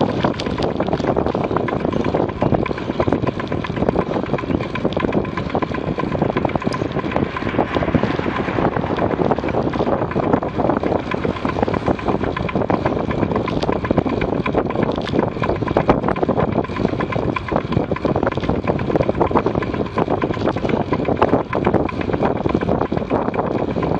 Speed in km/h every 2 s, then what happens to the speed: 31, 30, 31, 32, 31, 32, 32, 33, 29, 29, 28, 29.
0-24 steady at about 31.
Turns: none.